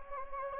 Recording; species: mosquito wingbeat signal from an infrared sensor; Anopheles gambiae